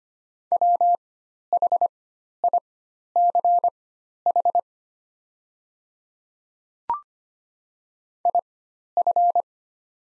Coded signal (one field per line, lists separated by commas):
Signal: Morse code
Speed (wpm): 25 wpm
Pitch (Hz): 700 Hz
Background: none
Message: WHICH IF